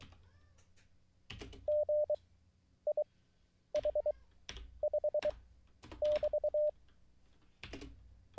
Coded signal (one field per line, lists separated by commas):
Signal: Morse code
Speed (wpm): 23 wpm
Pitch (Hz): 600 Hz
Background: none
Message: GIH5<BT>